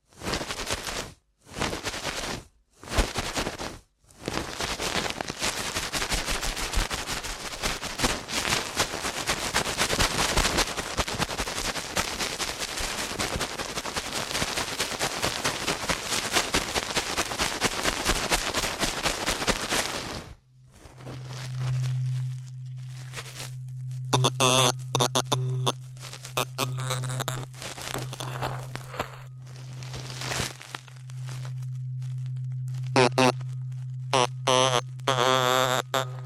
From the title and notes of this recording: ASMR Ear Cleaning at Helicopter Speed.